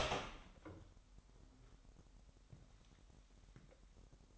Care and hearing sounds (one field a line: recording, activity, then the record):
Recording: daily activity, microphone in the room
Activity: open door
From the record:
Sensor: 3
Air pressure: 998.4 hPa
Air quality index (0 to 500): 137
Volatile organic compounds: 4 ppm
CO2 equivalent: 1637 ppm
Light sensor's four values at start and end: 16/47/19/18 and 17/47/19/18